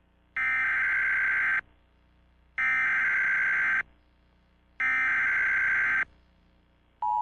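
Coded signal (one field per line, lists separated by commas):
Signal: Emergency Alert System (SAME) tones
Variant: header bursts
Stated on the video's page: Fictional EAS scenario, not a real alert.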